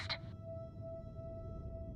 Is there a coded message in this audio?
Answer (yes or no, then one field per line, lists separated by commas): no